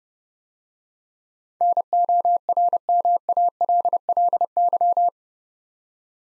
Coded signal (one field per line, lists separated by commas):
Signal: Morse code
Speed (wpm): 30 wpm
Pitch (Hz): 700 Hz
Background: none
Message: NORMALLY